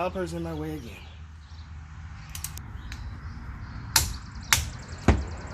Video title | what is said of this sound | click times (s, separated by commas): Ford Flex - New bearings, CV Axle, & Tie rods❗❕❗❕❗❕ #fordflex | Hear the click. We're at 100 foot-pounds. | 4.0 s, 4.5 s